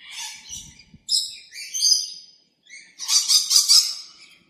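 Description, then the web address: Bird calls in short bursts: a squeaky chirp, then a run of high chirps and twitters after a pause, ending in a loud, dense chattering phrase. Recorded in Arizona. "az brid sounds"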